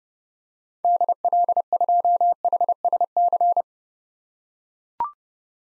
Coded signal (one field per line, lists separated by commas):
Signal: Morse code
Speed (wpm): 30 wpm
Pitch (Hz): 700 Hz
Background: none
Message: DL2HSC